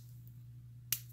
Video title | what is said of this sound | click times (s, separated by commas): Reaeon 200 Glitter Gel Pens Swatching Review | lids seem to snap on very tightly you guys | 0.9 s